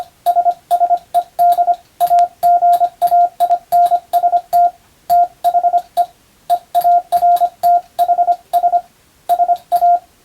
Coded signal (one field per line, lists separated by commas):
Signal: Morse code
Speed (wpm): 25 wpm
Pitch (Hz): 700 Hz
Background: radio noise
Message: SSED AGAINST THE EARTHS SA